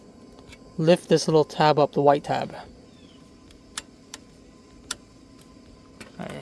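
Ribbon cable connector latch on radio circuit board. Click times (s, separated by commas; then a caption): 4.9 s. Someone talks while the white tab on the bottom ribbon cable connector on the circuit board of a 958 Porsche Cayenne OEM PCM radio is lifted. A few faint ticks follow, then the plastic latch clicks open sharply at 4.9 s, releasing the ribbon cable so it can be removed.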